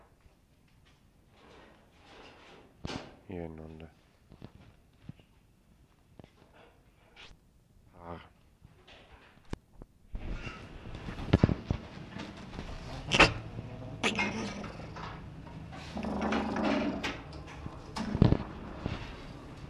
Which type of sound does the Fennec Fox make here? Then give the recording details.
call. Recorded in captivity. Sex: male. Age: adult. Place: Tierpark Berlin, Berlin, DE. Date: 1965-11-06 11:00. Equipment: Uher 4200 Report Monitor, Sennheiser MD 421, Transistorverstärker 2. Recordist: Tembrock, Günter